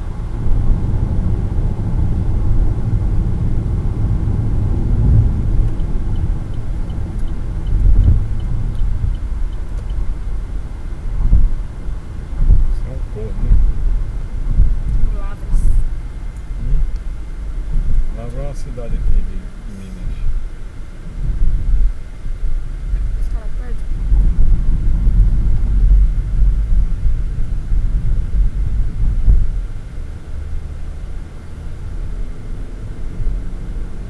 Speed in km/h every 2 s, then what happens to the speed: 108, 106, 102, 99, 93, 88, 85, 74, 60, 50, 47, 45, 41, 43, 47, 54, 62.
0-24 slows to 41. 24-34 speeds up to 62.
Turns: none.